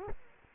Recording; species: mosquito wingbeat signal from an infrared sensor; Culex quinquefasciatus